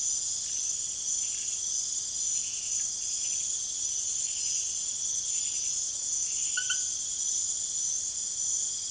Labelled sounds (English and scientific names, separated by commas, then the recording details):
none
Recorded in secondary vegetation near Puerto Asís, Putumayo, Colombia, on 24 June 2025 at 00:30
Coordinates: 0.489, -76.322
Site G021